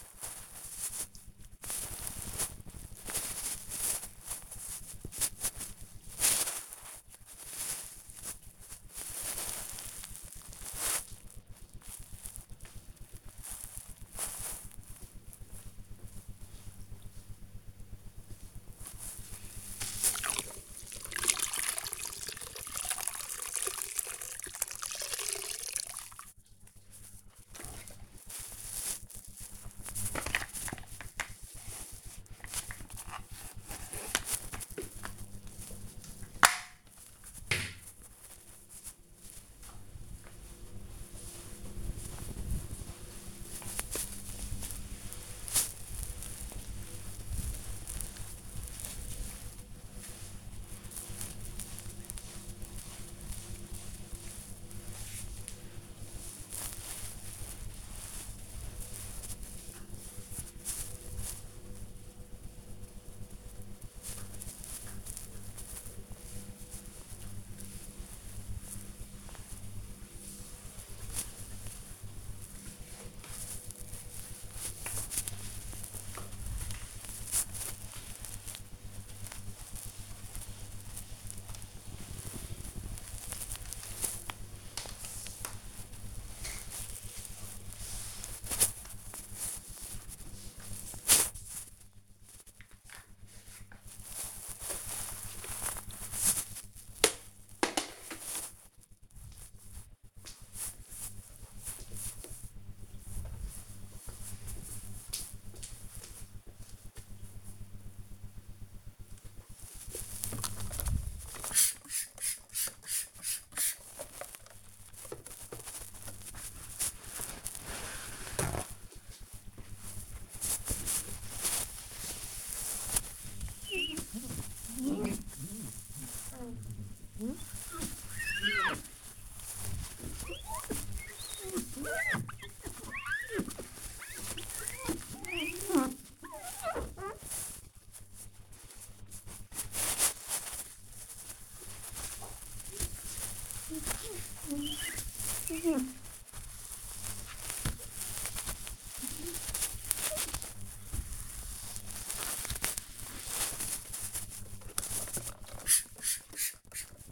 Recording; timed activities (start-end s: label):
household activities, microphone on the right wrist
0.00-9.96 s: cream hands
17.99-97.54 s: floor cleaning
108.60-157.12 s: window cleaning